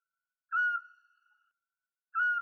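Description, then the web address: Eurasian scops owl giving a single clear whistled note, steady and slightly falling, then repeated about 1.6 seconds later; otherwise silent. "Otus scops"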